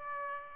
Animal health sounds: mosquito wingbeat signal from an infrared sensor; Aedes aegypti

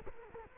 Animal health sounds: mosquito wingbeat signal from an infrared sensor; Culex quinquefasciatus

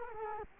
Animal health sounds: mosquito wingbeat signal from an infrared sensor; Culex quinquefasciatus

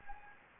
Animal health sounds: mosquito wingbeat signal from an infrared sensor; Anopheles gambiae

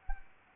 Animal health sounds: mosquito wingbeat signal from an infrared sensor; Anopheles arabiensis

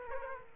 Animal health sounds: mosquito wingbeat signal from an infrared sensor; Aedes aegypti

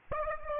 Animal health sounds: mosquito wingbeat signal from an infrared sensor; Aedes aegypti

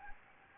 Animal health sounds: mosquito wingbeat signal from an infrared sensor; Anopheles gambiae

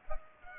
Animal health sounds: mosquito wingbeat signal from an infrared sensor; Culex pipiens

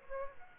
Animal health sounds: mosquito wingbeat signal from an infrared sensor; Aedes aegypti

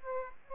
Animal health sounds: mosquito wingbeat signal from an infrared sensor; Aedes aegypti

